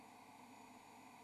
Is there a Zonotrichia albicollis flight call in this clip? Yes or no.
no